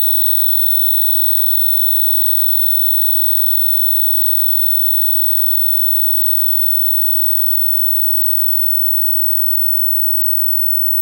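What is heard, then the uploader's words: Blended high sine tones shimmer and flutter with fast beating, a bright steady whine above faint low hums, slowly fading over eleven seconds. High Prime Sines Fluttering. Excerpt from audio tests for the installation "This Is For You ohrenhoch Berlin". Sine tones blended to create shifting beating frequencies - the shimmering effect that occurs when two or more tones of close frequency are sounded together. The tones in this sample are tuned to frequencies near or above the typical upper threshold of human perception .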